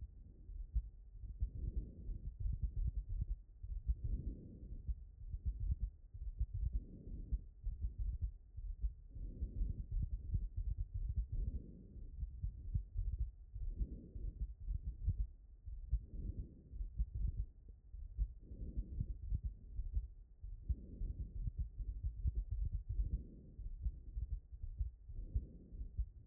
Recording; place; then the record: heart sounds by stethoscope; aortic valve (AV)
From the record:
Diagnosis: HFrEF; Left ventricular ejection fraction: 29%